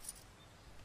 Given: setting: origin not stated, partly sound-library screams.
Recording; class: one-second piece from a danger detection set; normal situation